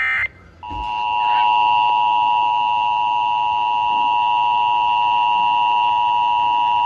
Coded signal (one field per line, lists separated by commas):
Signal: Emergency Alert System (SAME) tones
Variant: 853 and 960 Hz attention tone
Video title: EAS 2080-2086: Weeklies & Monthlies from 7/13/21-7/14/21